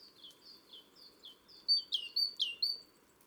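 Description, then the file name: Great tit calls, quiet slurred notes giving way to loud, bright chirps repeated in quick succession. "Parus major"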